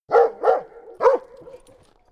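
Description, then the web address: Labrador retriever barking: two quick deep barks, a short pause, then a third bark, each followed by a lingering echoing tail. "soundpool sounds natur-tiere hunde"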